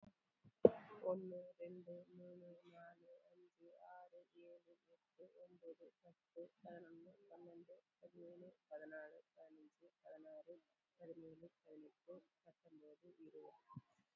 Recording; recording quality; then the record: counting at a normal pace; moderate, slight background noise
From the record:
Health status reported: COVID-19 positive, moderate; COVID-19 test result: positive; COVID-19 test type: RT-PCR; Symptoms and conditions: cold, fever, muscle pain, diarrhoea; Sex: female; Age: 42 years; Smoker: no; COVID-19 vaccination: both doses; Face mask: worn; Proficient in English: yes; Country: India